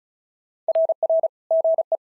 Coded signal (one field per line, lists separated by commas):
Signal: Morse code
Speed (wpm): 36 wpm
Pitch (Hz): 650 Hz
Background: none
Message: RR GE